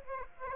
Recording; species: mosquito wingbeat signal from an infrared sensor; Aedes aegypti